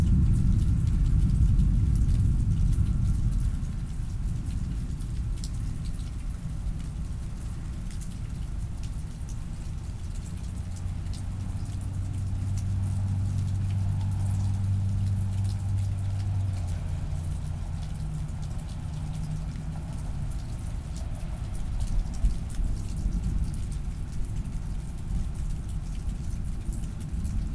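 Steady rain patters on a porch during an October thunderstorm, with a deep low rumble strongest at the start and swelling again midway.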